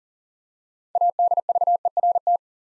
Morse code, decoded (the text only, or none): ADVERT